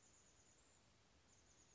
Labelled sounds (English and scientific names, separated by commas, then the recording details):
Chestnut-backed Chickadee (Poecile rufescens)
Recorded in Sonoma County, California